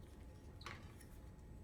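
The blue plastic adapter of an IV mini bag is handled against the top of a medication vial held on a flat surface, before being pressed on firmly. A brief cluster of sharp plastic handling noises comes around 0.6–0.7 seconds, followed by a faint tick near 1.0 seconds over a quiet background. Nothing has seated or clicked yet.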